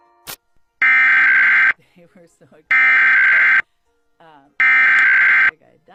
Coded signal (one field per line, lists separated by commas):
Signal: Emergency Alert System (SAME) tones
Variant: header bursts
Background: speech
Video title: EAS RMT In Indiana (12-15-22 WNIT-DT1) For @csupo_the_epic